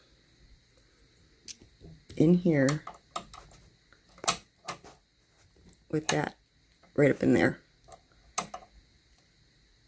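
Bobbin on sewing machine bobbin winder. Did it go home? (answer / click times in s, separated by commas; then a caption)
yes / 8.4 s. A bobbin is placed onto a sewing machine's bobbin winder and pushed home while someone talks, with a few small clicks and taps along the way. At 8.4 s there is a sharp click as it locks into place, and it is seated.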